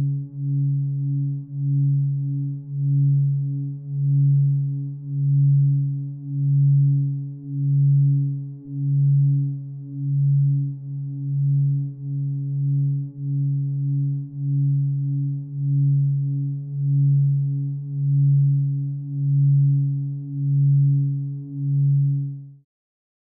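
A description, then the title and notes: A steady binaural beat tone sits low and pure, with a strong fundamental and a fainter overtone stack above it. Its loudness swells and dips in slow, even pulses roughly once a second. It runs unchanged for about 22 seconds, then cuts off. Binaural Beats - 0.9Hz.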